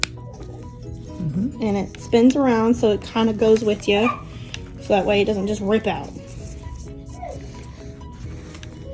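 A plastic infusion-set tubing connector for a Zofran pump is pushed further onto a subcutaneous infusion site, giving a sharp click at 0.0 s. This is the second of the two required clicks, and the connector is fully seated. Someone then talks over faint background music.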